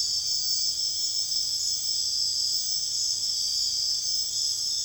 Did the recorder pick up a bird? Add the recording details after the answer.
no. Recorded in secondary vegetation near Puerto Asís, Putumayo, Colombia, on 29 June 2025 at 04:00. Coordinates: 0.485, -76.322. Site GP06